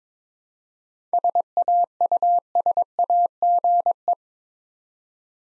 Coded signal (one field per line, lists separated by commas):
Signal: Morse code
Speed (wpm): 22 wpm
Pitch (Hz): 700 Hz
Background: none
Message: SAUSAGE